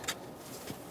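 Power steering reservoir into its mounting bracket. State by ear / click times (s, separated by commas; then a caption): not seated / none. A plastic power steering reservoir from a 2007-2012 Nissan Altima is handled at its metal mounting bracket, where slits on either side guide it down. A sharp, bright hit sounds at about 0.1 s and a softer knock comes near the end at 0.9 s. The reservoir has not seated or clicked into the bracket yet.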